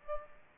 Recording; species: mosquito wingbeat signal from an infrared sensor; Aedes aegypti